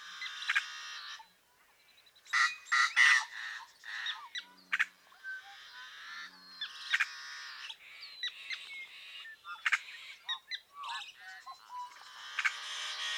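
Yellow-headed Blackbird song: scraping, buzzy squeals and harsh notes in repeated bursts.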